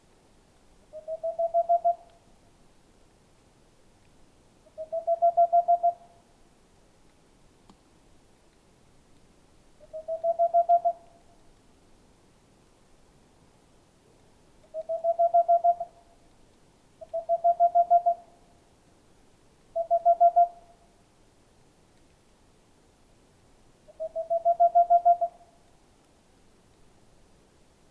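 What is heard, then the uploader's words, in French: A male owl sings nearby, giving short mellow notes, each about a second long and swelling slightly, with a fast quivering texture. Seven calls arrive every three to five seconds, two close together near the middle, over a quiet, still background. Haut-diois - Nagra LB - stéréo omni mkh20. Depuis quelques jours la Tengmalm boréale (Aegolius funereus) a élue domicile dans le trou d'une grande chandelle au milieu de la forêt (photo). Régulièrement le mâle vient chanter aux alentours.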